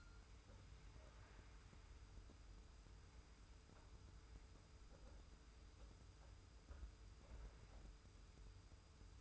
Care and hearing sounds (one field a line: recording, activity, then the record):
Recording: daily activity, microphone in the room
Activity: wipe stove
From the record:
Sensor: 2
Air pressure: 991.3 hPa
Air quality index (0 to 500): 150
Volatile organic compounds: 445 ppm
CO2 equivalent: 4742 ppm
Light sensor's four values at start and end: 39/111/44/42 and 39/111/44/42